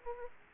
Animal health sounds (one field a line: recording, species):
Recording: mosquito wingbeat signal from an infrared sensor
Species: Aedes aegypti